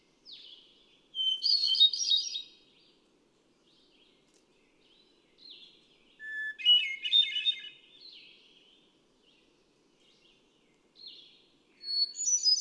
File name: Hermit Thrush